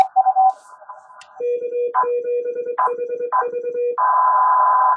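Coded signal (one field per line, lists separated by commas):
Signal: Morse code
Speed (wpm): 23 wpm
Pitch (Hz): 480 Hz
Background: none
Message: K7HV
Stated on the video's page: 10 m CW contact with a DX station on Austral Island, 5 W QRP from an Index Labs QRP+, 3-element quad at 38 ft, Bencher paddle; strong signals, QSB.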